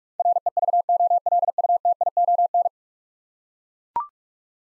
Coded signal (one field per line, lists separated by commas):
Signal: Morse code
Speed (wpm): 42 wpm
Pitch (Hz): 700 Hz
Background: none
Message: REVOLUTION